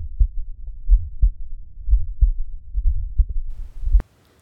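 Adult heart by stethoscope, listened to over the tricuspid point: a Still's murmur, an innocent murmur common in healthy people, together with a third heart sound.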